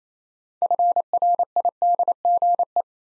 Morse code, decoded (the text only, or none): FRIDGE